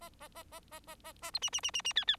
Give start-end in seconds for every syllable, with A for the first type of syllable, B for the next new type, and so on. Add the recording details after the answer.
0.01-0.09 A, 0.19-0.28 A, 0.35-0.43 A, 0.52-0.59 A, 0.71-0.80 A, 0.87-0.95 A, 1.04-1.12 A, 1.22-1.31 A, 1.33-1.39 B, 1.42-1.50 C, 1.52-1.60 C, 1.63-1.71 C, 1.73-1.82 C, 1.84-1.93 C, 1.95-2.05 D, 2.07-2.16 D. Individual Bird4